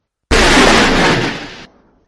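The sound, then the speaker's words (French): A hammer smashes into a computer with one sudden, loud crash, followed by about a second of harsh, noisy clatter that fades quickly to silence. No one speaks. “Le fan de Toto lève le marteau au-dessus de l'ordinateur.”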